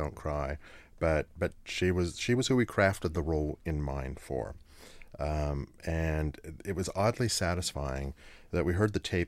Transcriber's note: none